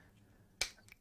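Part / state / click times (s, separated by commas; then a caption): plastic wing piece onto an action figure body peg / seated / 0.6 s. A large plastic wing is popped onto the body peg of a plastic McFarlane Batman Forever Nightmare Bat build-a-figure. A sharp snap at 0.6 s seats the wing, and a faint tick follows at 0.9 s over low background hum. No one talks in the clip.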